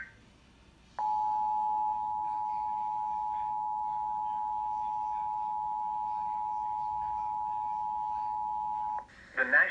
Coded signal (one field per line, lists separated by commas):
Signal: Emergency Alert System (SAME) tones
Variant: 853 and 960 Hz attention tone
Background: speech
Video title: NJTV EAS Severe Thunderstorm Warning For Monmouth County, New Jersey 7-31-2019 2:53 PM